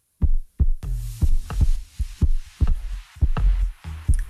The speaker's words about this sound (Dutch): Dit is de hartslag